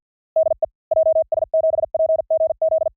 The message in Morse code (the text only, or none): DE JS7PGZ